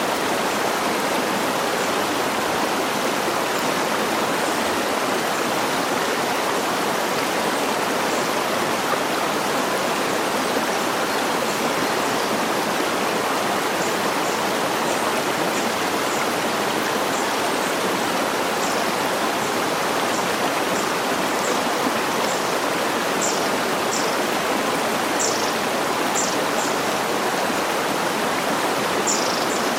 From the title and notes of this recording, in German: See und Vogelgesang. Eingebettet im Herzen üppiger Wälder, liegt unsere gemütliche Hütte neben einem ruhigen See, wo das sanfte Plätschern des Wassers und der ferne Wasserfall, zusammen mit dem leisen Rascheln des Waldes, eine harmonische Kulisse für das Erwachen der Morgendämmerung bieten.